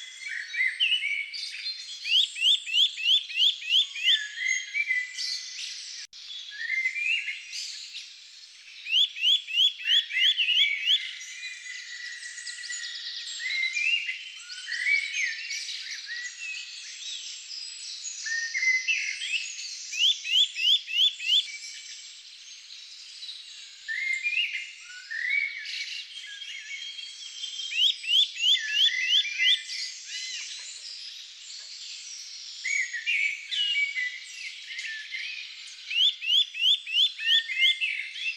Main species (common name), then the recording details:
Eurasian Nuthatch. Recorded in the wild. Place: Lilienhof / Kaiserstuhl, Baden-Württemberg, DE. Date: 1999-04-03. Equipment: MiniDisc Sony MZ-R35, Telinga DAT, Telinga-Parabolspiegel. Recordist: Schwarz, Dieter